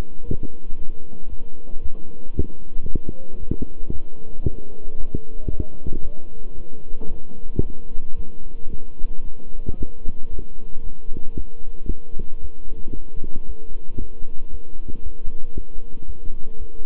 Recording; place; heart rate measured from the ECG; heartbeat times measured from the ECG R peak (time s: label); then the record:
heart sounds by stethoscope; between the tricuspid and mitral areas; 114 bpm
0.24 s: heartbeat
0.76 s: heartbeat
1.28 s: heartbeat
1.80 s: heartbeat
2.33 s: heartbeat
2.85 s: heartbeat
3.38 s: heartbeat
3.91 s: heartbeat
4.43 s: heartbeat
4.96 s: heartbeat
5.49 s: heartbeat
6.01 s: heartbeat
6.54 s: heartbeat
7.07 s: heartbeat
7.61 s: heartbeat
8.15 s: heartbeat
8.69 s: heartbeat
9.22 s: heartbeat
9.76 s: heartbeat
10.29 s: heartbeat
10.82 s: heartbeat
11.34 s: heartbeat
11.87 s: heartbeat
12.39 s: heartbeat
12.92 s: heartbeat
13.45 s: heartbeat
13.97 s: heartbeat
14.49 s: heartbeat
15.02 s: heartbeat
15.53 s: heartbeat
16.05 s: heartbeat
16.57 s: heartbeat
From the record:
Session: walking at 3.7 km/h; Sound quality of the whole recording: good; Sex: male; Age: 26 years